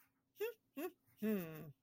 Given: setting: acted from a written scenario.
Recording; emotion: vocal sound without words; triumph